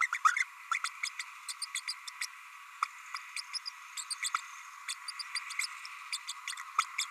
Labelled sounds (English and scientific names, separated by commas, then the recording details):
Green-rumped Parrotlet (Forpus passerinus) babbling
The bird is a male
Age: 30 days
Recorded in a nest box in Venezuela
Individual 17B32A6